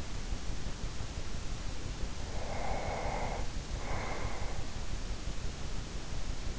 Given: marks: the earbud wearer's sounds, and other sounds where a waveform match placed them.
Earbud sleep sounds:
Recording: sounds in sleep by an in-ear microphone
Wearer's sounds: breath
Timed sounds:
2.28-4.97 s: breath

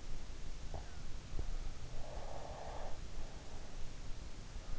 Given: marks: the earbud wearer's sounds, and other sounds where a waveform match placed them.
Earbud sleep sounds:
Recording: sounds in sleep by an in-ear microphone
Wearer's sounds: teeth grinding, breath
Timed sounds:
0.74-1.58 s: teeth grinding
2.00-3.20 s: breath

